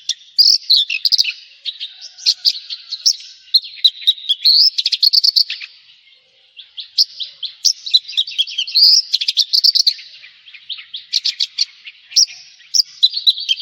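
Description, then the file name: Javan bush lark pouring out a continuous, richly varied warble of trills, slurs and sharp notes, with a short break midway. "suara burung branjangan jawa"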